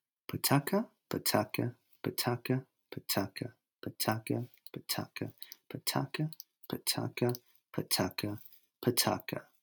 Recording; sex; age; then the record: repeated syllables /pa ta ka/; male; 20 to 29 years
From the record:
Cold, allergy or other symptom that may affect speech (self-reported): no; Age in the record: 29 years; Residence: California, United States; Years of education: 4